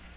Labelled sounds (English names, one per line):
Black-throated Green Warbler flight call